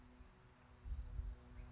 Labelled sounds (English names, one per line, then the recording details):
California Towhee
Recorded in Sonoma County, California